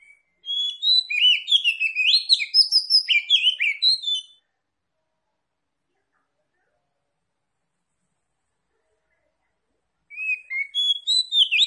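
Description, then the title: Oriental magpie-robin delivering a long, fast run of sweet whistles and sharp chirps, then long silence before another short burst begins. Tretes is named with the bird; its singing is described as gacor, meaning vigorous, frequent song. "Kacer Tretes"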